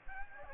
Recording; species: mosquito wingbeat signal from an infrared sensor; Aedes aegypti